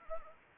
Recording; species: mosquito wingbeat signal from an infrared sensor; Anopheles arabiensis